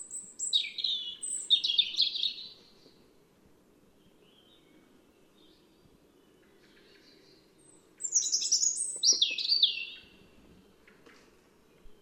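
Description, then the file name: European robin singing two separate phrases of high, slurred whistles and quick tumbling notes, with roughly five quiet seconds between them. "Erithacus rubecula"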